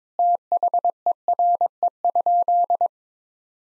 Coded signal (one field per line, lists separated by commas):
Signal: Morse code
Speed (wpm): 22 wpm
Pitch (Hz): 700 Hz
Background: none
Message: THERE?